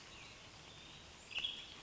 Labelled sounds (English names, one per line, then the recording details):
Western Tanager
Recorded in Sonoma County, California